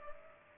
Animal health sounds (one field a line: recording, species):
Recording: mosquito wingbeat signal from an infrared sensor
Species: Culex pipiens